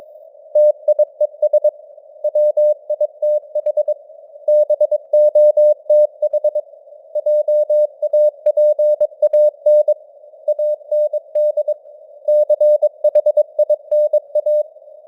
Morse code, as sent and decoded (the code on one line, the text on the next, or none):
- .. . ... / .-- .. - .... / -... --- - .... / .--- .- .--. .- -. / .- -. -.. / -.-. .... .. -. .-
TIES WITH BOTH JAPAN AND CHINA